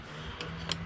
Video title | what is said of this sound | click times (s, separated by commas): Replacing a Nintendo Switch fan in 20 minutes! | So then same thing, we just turn this way and it locks into place. | 0.7 s